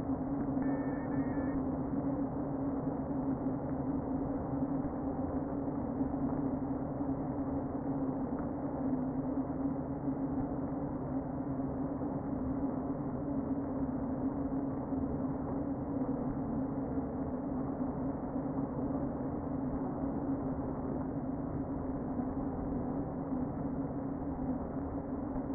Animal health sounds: honeybee colony, microphone inside the hive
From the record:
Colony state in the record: queen present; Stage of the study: before two queens were removed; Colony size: about 60,000 bees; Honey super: yes

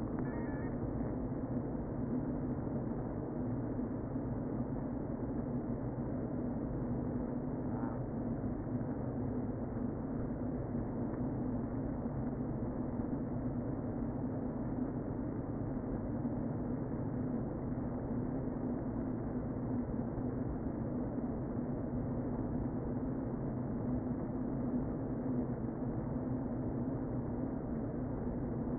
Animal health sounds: honeybee colony, microphone inside the hive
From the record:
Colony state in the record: queen present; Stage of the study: before two queens were removed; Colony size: about 60,000 bees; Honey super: yes

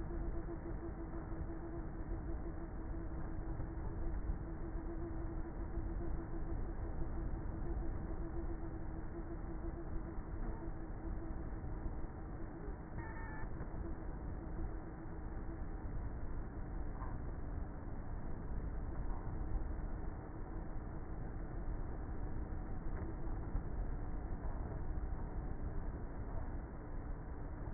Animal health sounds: honeybee colony, microphone inside the hive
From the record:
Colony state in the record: queenless with a low population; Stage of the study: before two queens were removed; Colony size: about 30,000 bees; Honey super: no

